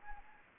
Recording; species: mosquito wingbeat signal from an infrared sensor; Anopheles arabiensis